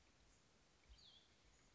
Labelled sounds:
Cassin's Vireo (Vireo cassinii)

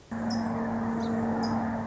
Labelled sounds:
Song Sparrow (Melospiza melodia)

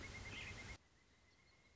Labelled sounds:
Pileated Woodpecker (Dryocopus pileatus)

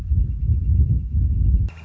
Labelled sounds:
Northern Flicker (Colaptes auratus)

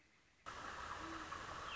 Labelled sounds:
Great Horned Owl (Bubo virginianus)

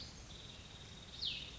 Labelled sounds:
Cassin's Vireo (Vireo cassinii)

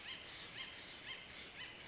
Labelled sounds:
Acorn Woodpecker (Melanerpes formicivorus)

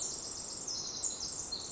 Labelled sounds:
Pacific Wren (Troglodytes pacificus)

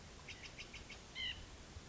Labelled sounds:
White-breasted Nuthatch (Sitta carolinensis)

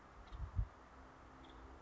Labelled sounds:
Nuttall's Woodpecker (Dryobates nuttallii)

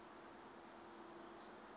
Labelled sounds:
Chestnut-backed Chickadee (Poecile rufescens)

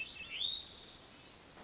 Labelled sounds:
Hermit Thrush (Catharus guttatus)

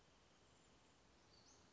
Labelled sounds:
Western Flycatcher (Empidonax difficilis)

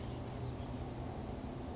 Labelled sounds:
Western Flycatcher (Empidonax difficilis)

